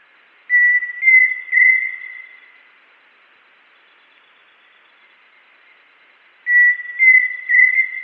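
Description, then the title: Pheasant cuckoo whistling a clear phrase of three notes, the final note trembling and drawn out, then a long silence before the same phrase is repeated. "LuckyPassaro Completos2Sama. Pheasant Cuckoo (Dromococcyx phasianellus)"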